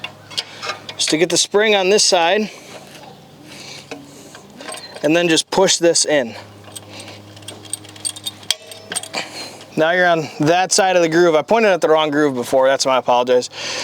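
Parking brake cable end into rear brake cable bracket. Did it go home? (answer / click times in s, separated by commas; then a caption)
yes / 8.5 s. The spring-loaded end of a new parking brake cable, part of an upgrade on a GM Silverado/Sierra 1500/2500/3500, is pushed into its bracket on the rear brake, on the correct side of the groove, while someone talks. It snaps in with a sharp click at 8.5 s and is seated.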